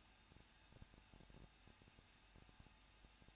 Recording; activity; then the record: daily activity, microphone in the room; no activity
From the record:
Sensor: 2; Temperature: 21.0 degrees Celsius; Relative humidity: 37.5%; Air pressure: 1006.3 hPa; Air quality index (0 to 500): 223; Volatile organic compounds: 25 ppm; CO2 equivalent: 2835 ppm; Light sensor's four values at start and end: 2/3/2/2 and 2/3/2/2